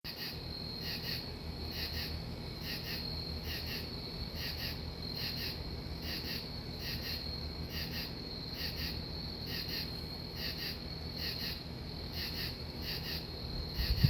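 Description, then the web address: Insect chirping in short, high, pulsed bursts repeated steadily about every two-thirds of a second, over a constant low rumbling background noise. "Insect Set 459"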